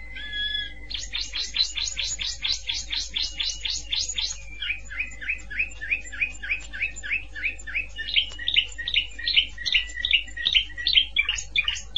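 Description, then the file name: Canary song with a quick repeated trill of sharp notes, then slower looping chirped phrases, over a steady low hum. "Canary Voice"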